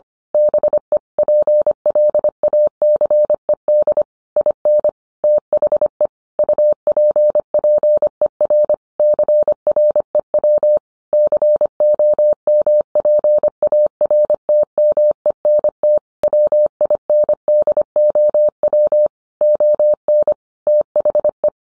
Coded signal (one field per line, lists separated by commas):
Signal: Morse code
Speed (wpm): 25 wpm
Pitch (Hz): 600 Hz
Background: none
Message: BE PLACED IN THE UPPER CREW COMPARTMENT WINDOW ON THE